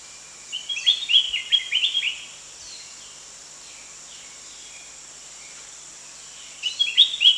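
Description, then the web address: Spectacled bulbul calls: a quick burst of bright, chirpy notes for about two seconds, then a pause, then another short burst at the end, over a steady high background hum. Recorded at Danum on 1 January 2008. "DANUM 20080101. sound spectacled bulbul"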